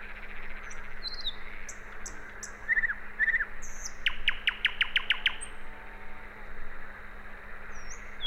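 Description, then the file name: Common nightingale song: soft whistles and twittered notes, then a loud rapid series of sharp, evenly spaced strokes, followed by quieter whistles, low hum audible. "Luscinia megarhynchos"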